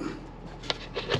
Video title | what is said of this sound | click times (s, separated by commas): The Working Remote Edition Of Fridays Finds! | that allows it to lock into place just like that | 0.7 s